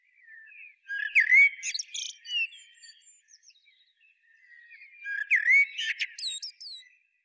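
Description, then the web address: Common blackbird song, two phrases about four seconds apart, each a rich fluted whistle followed by a jumble of squeaky high notes. "SETE Turdus merula"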